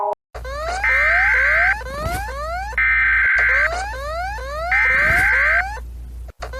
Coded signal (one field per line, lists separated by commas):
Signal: Emergency Alert System (SAME) tones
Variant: header bursts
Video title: EAS alarm that sound the same !￼￼